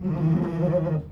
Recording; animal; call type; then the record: contact call of a hoofed animal; goat; low-frequency (closed-mouth) or high-frequency (open-mouth) call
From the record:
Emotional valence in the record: positive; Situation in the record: food anticipation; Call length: 1.12 s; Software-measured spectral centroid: 840 Hz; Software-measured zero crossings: 510 a second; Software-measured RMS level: -24 dBFS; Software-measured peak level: -13 dBFS